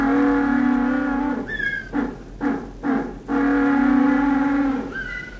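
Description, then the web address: African penguin bray: a long harsh, drawn-out note, a few short gasping honks, then another long braying note. Formerly called jackass penguin, with the voice to match; voices described as obstreperous. "Birdnote. The Jackass Penguins of Africa"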